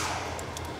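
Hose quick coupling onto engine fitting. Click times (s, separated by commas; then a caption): 0.6 s. A hose quick-connect coupling is pushed onto the blue engine fitting while replacing the oil cooler on a Dodge/Chrysler 3.6. Over a steady low hum, a single sharp click sounds at 0.6 s as the connector snaps home and seats.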